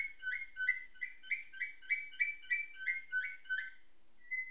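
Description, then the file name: Atlantic canary song of sharp chirped notes repeated about three times a second in an even series, ending with one thin whistle. Canary singing nightingale-style song (isian nightingale), learned through tutoring with nightingale song. "suara kenari isian nightingale"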